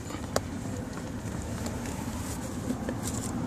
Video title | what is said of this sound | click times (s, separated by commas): DIY Cabin Air Filter Replacement for Toyota Avalon 2007! | You're gonna hear a click, | 0.4 s